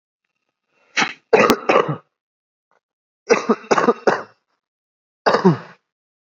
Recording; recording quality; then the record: heavy voluntary cough; excellent, no background noise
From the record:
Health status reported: healthy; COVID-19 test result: negative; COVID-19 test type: RT-PCR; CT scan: taken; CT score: 5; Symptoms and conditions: cough, cold, sore throat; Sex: male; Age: 21 years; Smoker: yes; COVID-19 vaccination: both doses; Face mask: not worn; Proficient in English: yes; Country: India